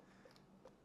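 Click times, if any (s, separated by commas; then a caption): 0.4 s, 0.7 s. The plastic lock on the closed top cover of an action camera's battery/SD compartment is flipped over. Two faint clicks at 0.4 s and 0.7 s mark the latch engaging, and the compartment door latches shut.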